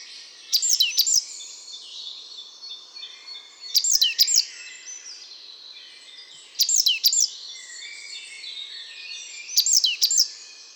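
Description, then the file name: Great tit giving clipped, high chirping notes in four evenly spaced bursts about three seconds apart, against a constant high background wash. "Parus major"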